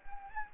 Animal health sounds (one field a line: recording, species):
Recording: mosquito wingbeat signal from an infrared sensor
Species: Anopheles gambiae